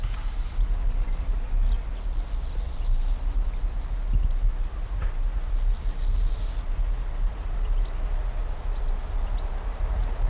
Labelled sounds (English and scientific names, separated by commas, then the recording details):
Steppe Grasshopper (Chorthippus dorsatus) stridulation, Bow-winged Grasshopper (Chorthippus biguttulus)
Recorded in the wild
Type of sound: stridulation
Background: Chorthippus biguttulus
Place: Blankenfelde, Tegeler Fließ, Berlin, DE
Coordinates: 52.625, 13.404
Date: 1992-08-16 11:00
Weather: sonnig - wolkig, 17-22°C
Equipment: Marantz CP 430, Sennheiser ME 80, Kopie Tesla B 116
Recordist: Tembrock, Günter
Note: Arkenberge, Fließtalwiesen; Stridulation, sehr kurz, 3 Verse, viel Hintergrund